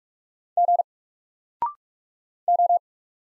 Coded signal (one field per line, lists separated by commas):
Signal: Morse code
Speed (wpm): 44 wpm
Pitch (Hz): 700 Hz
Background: none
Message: G O